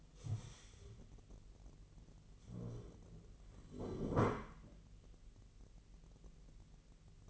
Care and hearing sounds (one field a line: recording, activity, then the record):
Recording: daily activity, microphone in the room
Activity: stand up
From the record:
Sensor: 4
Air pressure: 1002.3 hPa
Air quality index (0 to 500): 249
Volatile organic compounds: 39 ppm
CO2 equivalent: 3127 ppm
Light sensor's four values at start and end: 11/24/10/9 and 11/24/10/9